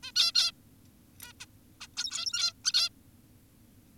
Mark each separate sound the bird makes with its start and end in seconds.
0.03-0.12, 0.16-0.32, 0.35-0.52, 1.22-1.33, 1.40-1.46, 1.81-1.87, 1.97-2.53, 2.65-2.72, 2.74-2.89